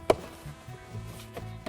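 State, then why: Seated. A vinyl cover is pressed back onto the top of the steering column shroud of a 2021+ Ford F-150 during a heated steering wheel installation. A sharp snap at 0.1 s marks it seating into place, followed by quiet handling noise and two softer taps around 1.4 and 1.7 s. The cover is seated and confirmed in place.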